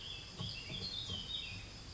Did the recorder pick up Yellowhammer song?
no